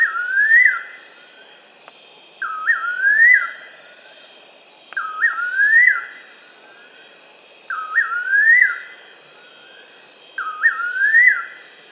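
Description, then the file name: Bird calling with evenly spaced whistled phrases of rising, slurred notes, about every two and a half seconds, five times, over a persistent high-pitched hiss. "SABIOD 50 bird 2015"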